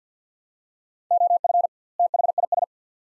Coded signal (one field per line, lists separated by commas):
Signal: Morse code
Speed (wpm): 50 wpm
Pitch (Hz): 700 Hz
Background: none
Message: OF THIS